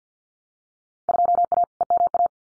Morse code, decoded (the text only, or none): 2A EMA